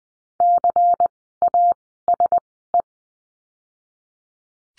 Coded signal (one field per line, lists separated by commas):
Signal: Morse code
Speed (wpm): 20 wpm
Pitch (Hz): 700 Hz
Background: none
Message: CASE